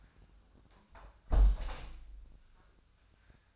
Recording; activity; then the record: daily activity, microphone in the room; close window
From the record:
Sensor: 2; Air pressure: 1004.5 hPa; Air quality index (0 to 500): 116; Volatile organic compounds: 3 ppm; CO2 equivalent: 1397 ppm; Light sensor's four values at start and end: 6/14/6/6 and 6/14/5/6